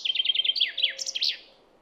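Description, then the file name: Common chaffinch song fragment: rapid repeated chipping notes descending in steps, ending with a brief bright flourish. "Fringilla coelebs"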